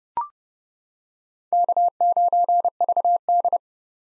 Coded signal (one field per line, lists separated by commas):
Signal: Morse code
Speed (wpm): 30 wpm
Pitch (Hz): 700 Hz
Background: none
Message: K9VD